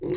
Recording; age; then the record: pig call; weaner (32 to 43 days)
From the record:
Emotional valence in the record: negative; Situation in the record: long isolation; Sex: female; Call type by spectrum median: low-frequency call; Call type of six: mixed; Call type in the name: high-frequency modulated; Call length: 0.17 s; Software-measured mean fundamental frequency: 256 Hz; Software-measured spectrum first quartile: 342 Hz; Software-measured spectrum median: 605 Hz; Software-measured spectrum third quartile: 5868 Hz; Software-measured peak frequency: 349 Hz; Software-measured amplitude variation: 122 dB a second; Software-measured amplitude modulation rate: 20.4 a second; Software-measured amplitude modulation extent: 6.0 dB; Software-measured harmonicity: 7.3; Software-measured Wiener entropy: -5.55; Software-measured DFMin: 757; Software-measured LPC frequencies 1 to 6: 370, 1998, 2633, 3849, 4560, 5381 Hz